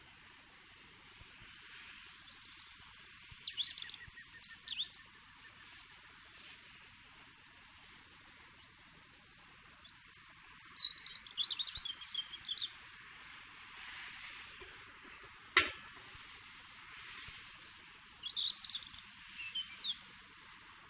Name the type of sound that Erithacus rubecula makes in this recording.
song